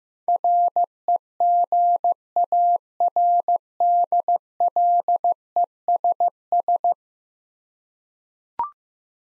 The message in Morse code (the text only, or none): REGARDLESS